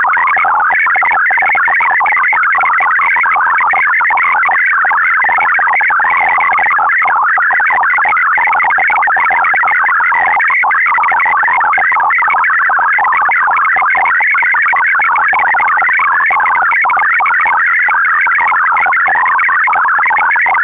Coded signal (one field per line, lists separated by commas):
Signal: multi-tone FSK (Olivia or MFSK type)